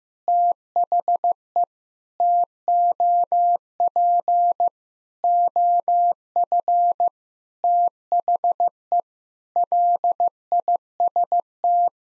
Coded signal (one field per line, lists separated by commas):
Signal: Morse code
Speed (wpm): 15 wpm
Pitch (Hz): 700 Hz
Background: none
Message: THE TOP OF THE LIST